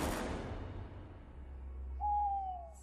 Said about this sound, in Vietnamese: Tiếng cú giữa đêm khuya thanh vắng khiến cho con người cảm thấy nhỏ bé giữa cảnh núi rừng bị bóng đêm nuốt chừng.